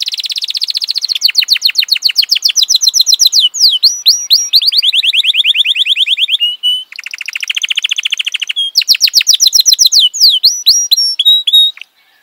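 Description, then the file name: Canary in continuous song, chaining loud rapid trills with changing pitch, repeated whistled slurs and rattling series, barely pausing over twelve seconds. "kenari"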